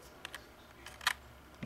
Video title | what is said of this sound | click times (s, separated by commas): Ultrabook Samsung Series 9 Características -Versión Español | kind of clicks right in there right uh-huh and you can pull it out now | 1.1 s